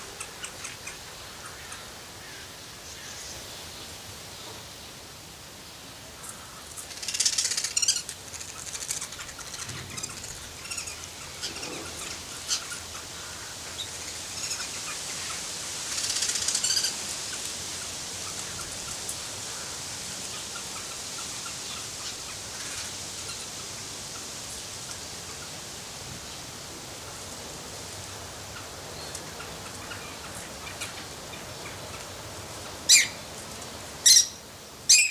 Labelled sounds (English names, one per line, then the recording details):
Guira Cuckoo
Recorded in captivity
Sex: group
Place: Zoo Berlin, Berlin, DE
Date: 2003-09-24 15:02
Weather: heiter, 16°C
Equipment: Fair Mate ST-1328 (Asahi Electronics, Japan), Sennheiser ME 80, Kopie Uher 4000 Report Monitor
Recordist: Tembrock, Günter
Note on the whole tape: Gruppe: Triller bei Begattungsversuchen